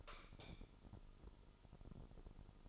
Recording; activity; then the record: daily activity, microphone in the room; light off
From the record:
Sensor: 5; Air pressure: 988.5 hPa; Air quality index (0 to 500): 215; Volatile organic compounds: 111 ppm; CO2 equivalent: 3823 ppm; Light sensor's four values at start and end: 46/138/54/57 and 44/132/52/55